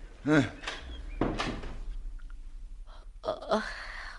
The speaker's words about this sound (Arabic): يا بواب اقفل وراه الباب. وادي الباب.